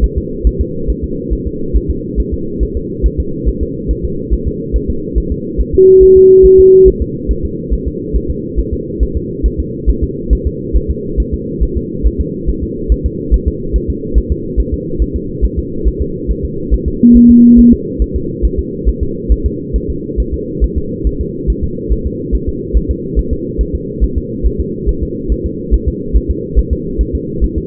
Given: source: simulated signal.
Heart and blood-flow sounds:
fetal heart sounds
0.04 s: S1
0.18 s: S2
0.47 s: S1
0.61 s: S2
0.90 s: S1
1.04 s: S2
1.33 s: S1
1.47 s: S2
1.76 s: S1
1.91 s: S2
2.20 s: S1
2.34 s: S2
2.63 s: S1
2.77 s: S2
3.06 s: S1
3.20 s: S2
3.49 s: S1
3.63 s: S2
3.91 s: S1
4.05 s: S2
4.33 s: S1
4.47 s: S2
4.76 s: S1
4.90 s: S2
5.18 s: S1
5.32 s: S2
5.61 s: S1
5.75 s: S2
6.03 s: S1
6.17 s: S2
6.46 s: S1
6.60 s: S2
6.88 s: S1
7.02 s: S2
7.31 s: S1
7.45 s: S2
7.74 s: S1
7.88 s: S2
8.16 s: S1
8.30 s: S2
8.60 s: S1
8.73 s: S2
9.03 s: S1
9.17 s: S2
9.46 s: S1
9.60 s: S2
9.89 s: S1
10.04 s: S2
10.33 s: S1
10.47 s: S2
10.76 s: S1
10.90 s: S2
11.20 s: S1
11.34 s: S2
11.63 s: S1
11.77 s: S2
12.06 s: S1
12.21 s: S2
12.49 s: S1
12.63 s: S2
12.92 s: S1
13.06 s: S2
13.34 s: S1
13.48 s: S2
13.76 s: S1
13.90 s: S2
14.18 s: S1
14.32 s: S2
14.60 s: S1
14.74 s: S2
15.02 s: S1
15.16 s: S2
15.45 s: S1
15.59 s: S2
15.88 s: S1
16.02 s: S2
16.31 s: S1
16.45 s: S2
16.74 s: S1
16.88 s: S2
17.17 s: S1
17.31 s: S2
17.59 s: S1
17.73 s: S2
18.02 s: S1
18.16 s: S2
18.45 s: S1
18.59 s: S2
18.89 s: S1
19.03 s: S2
19.32 s: S1
19.46 s: S2
19.76 s: S1
19.90 s: S2
20.20 s: S1
20.34 s: S2
20.64 s: S1
20.78 s: S2
21.07 s: S1
21.21 s: S2
21.50 s: S1
21.64 s: S2
21.93 s: S1
22.07 s: S2
22.35 s: S1
22.49 s: S2
22.77 s: S1
22.91 s: S2
23.19 s: S1
23.33 s: S2
23.61 s: S1
23.75 s: S2
24.04 s: S1
24.18 s: S2
24.46 s: S1
24.60 s: S2
24.89 s: S1
25.03 s: S2
25.32 s: S1
25.46 s: S2
25.74 s: S1
25.88 s: S2
26.16 s: S1
26.30 s: S2
26.59 s: S1
26.73 s: S2
27.01 s: S1
27.15 s: S2
27.44 s: S1
27.58 s: S2
From the record:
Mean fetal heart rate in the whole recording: 140 bpm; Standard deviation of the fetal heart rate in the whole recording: 2 bpm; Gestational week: 34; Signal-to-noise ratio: -6.6 dB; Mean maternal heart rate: 72 bpm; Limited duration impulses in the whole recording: present

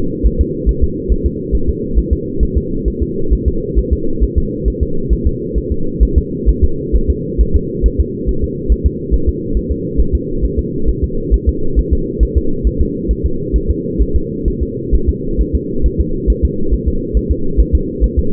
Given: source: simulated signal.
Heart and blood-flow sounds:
fetal heart sounds
0.26 s: S1
0.41 s: S2
0.69 s: S1
0.84 s: S2
1.12 s: S1
1.26 s: S2
1.55 s: S1
1.69 s: S2
1.99 s: S1
2.13 s: S2
2.43 s: S1
2.57 s: S2
2.88 s: S1
3.03 s: S2
3.33 s: S1
3.48 s: S2
3.79 s: S1
3.93 s: S2
4.24 s: S1
4.38 s: S2
4.68 s: S1
4.83 s: S2
5.13 s: S1
5.27 s: S2
5.58 s: S1
5.72 s: S2
6.03 s: S1
6.18 s: S2
6.49 s: S1
6.64 s: S2
6.95 s: S1
7.10 s: S2
7.41 s: S1
7.56 s: S2
7.86 s: S1
8.00 s: S2
8.29 s: S1
8.44 s: S2
8.72 s: S1
8.87 s: S2
9.14 s: S1
9.29 s: S2
9.57 s: S1
9.71 s: S2
10.00 s: S1
10.15 s: S2
10.44 s: S1
10.59 s: S2
10.89 s: S1
11.04 s: S2
11.34 s: S1
11.49 s: S2
11.79 s: S1
11.93 s: S2
12.23 s: S1
12.38 s: S2
12.67 s: S1
12.81 s: S2
13.11 s: S1
13.26 s: S2
13.56 s: S1
13.70 s: S2
14.02 s: S1
14.16 s: S2
14.48 s: S1
14.63 s: S2
14.95 s: S1
15.09 s: S2
15.41 s: S1
15.55 s: S2
15.86 s: S1
16.00 s: S2
16.30 s: S1
16.45 s: S2
16.74 s: S1
16.88 s: S2
17.17 s: S1
17.31 s: S2
17.60 s: S1
17.75 s: S2
18.04 s: S1
18.19 s: S2
From the record:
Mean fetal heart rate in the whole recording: 135 bpm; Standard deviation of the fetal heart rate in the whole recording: 3 bpm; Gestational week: 34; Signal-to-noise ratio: -8.1 dB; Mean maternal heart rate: 72 bpm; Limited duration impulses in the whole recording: absent

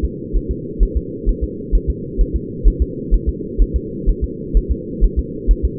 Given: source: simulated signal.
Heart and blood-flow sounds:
fetal heart sounds
0.05 s: S2
0.36 s: S1
0.51 s: S2
0.83 s: S1
0.97 s: S2
1.29 s: S1
1.44 s: S2
1.75 s: S1
1.90 s: S2
2.21 s: S1
2.36 s: S2
2.67 s: S1
2.82 s: S2
3.14 s: S1
3.29 s: S2
3.62 s: S1
3.76 s: S2
4.09 s: S1
4.24 s: S2
4.57 s: S1
4.72 s: S2
5.04 s: S1
5.19 s: S2
5.51 s: S1
5.65 s: S2
From the record:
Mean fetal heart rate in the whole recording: 130 bpm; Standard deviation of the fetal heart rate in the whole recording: 2 bpm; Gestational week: 36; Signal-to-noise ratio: -4.1 dB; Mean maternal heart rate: no maternal heart sound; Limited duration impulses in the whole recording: absent

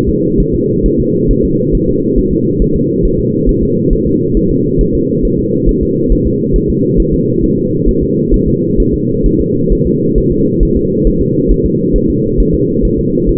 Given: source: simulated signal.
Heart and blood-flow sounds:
fetal heart sounds
0.09 s: S2
0.40 s: S1
0.55 s: S2
0.86 s: S1
1.00 s: S2
1.31 s: S1
1.45 s: S2
1.75 s: S1
1.89 s: S2
2.19 s: S1
2.33 s: S2
2.62 s: S1
2.76 s: S2
3.05 s: S1
3.20 s: S2
3.49 s: S1
3.63 s: S2
3.93 s: S1
4.07 s: S2
4.37 s: S1
4.51 s: S2
4.81 s: S1
4.95 s: S2
5.25 s: S1
5.39 s: S2
5.69 s: S1
5.83 s: S2
6.12 s: S1
6.27 s: S2
6.56 s: S1
6.70 s: S2
7.00 s: S1
7.14 s: S2
7.44 s: S1
7.58 s: S2
7.88 s: S1
8.03 s: S2
8.34 s: S1
8.48 s: S2
8.80 s: S1
8.94 s: S2
9.26 s: S1
9.41 s: S2
9.72 s: S1
9.87 s: S2
10.18 s: S1
10.32 s: S2
10.63 s: S1
10.77 s: S2
11.07 s: S1
11.22 s: S2
11.51 s: S1
11.66 s: S2
11.96 s: S1
12.10 s: S2
12.40 s: S1
12.55 s: S2
12.85 s: S1
12.99 s: S2
13.29 s: S1
From the record:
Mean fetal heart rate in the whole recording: 135 bpm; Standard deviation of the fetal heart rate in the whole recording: 3 bpm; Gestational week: 36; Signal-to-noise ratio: -11.2 dB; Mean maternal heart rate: 72 bpm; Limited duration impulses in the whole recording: present

